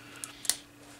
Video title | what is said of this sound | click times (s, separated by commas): Let's Build Agora Models Mitsubishi A6M Zero Fighter (1/18 scale) - Pack 2 Complete Engine | it snaps right into place beautiful fit | 0.5 s